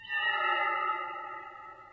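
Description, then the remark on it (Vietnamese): A single long whistle holds one steady, bright note for about two seconds, loud at the start and gradually fading, with no voices around it. “Cả Hải Nghèo lẫn cậu Cần chưa kịp hiểu chuyện gì thì nó huýt sáo một cái.”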